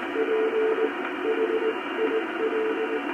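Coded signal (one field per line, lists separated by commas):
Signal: Morse code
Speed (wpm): 18 wpm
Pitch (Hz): 440 Hz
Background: radio noise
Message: PHIL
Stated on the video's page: Morse from a homebrew all-tube 10 W QRP transceiver on 80m, powered by a cheap inverter.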